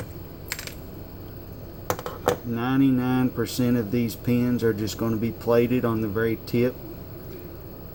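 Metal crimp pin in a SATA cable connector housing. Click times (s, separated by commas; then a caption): 1.9 s. A metal crimp pin is squeezed at its retaining lip inside a plastic SATA cable-end connector housing until it pops free. Several small metallic ticks are heard, and the loudest sharp pop at 1.9 s marks the pin releasing from the housing. Someone then talks.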